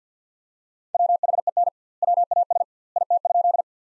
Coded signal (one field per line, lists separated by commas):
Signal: Morse code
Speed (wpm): 50 wpm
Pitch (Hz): 700 Hz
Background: none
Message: WHEN WAS IT?